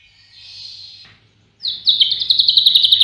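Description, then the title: White-rumped shama: a soft hissing note, a brief pause, then a bright, rapid trill of repeated high notes that keeps going to the end. Tutor recording for training cage birds. "Masteran Murai Batu"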